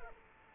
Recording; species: mosquito wingbeat signal from an infrared sensor; Culex quinquefasciatus